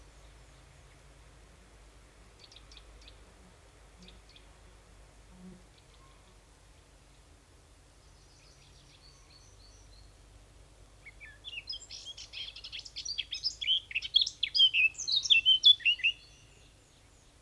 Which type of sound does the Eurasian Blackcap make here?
song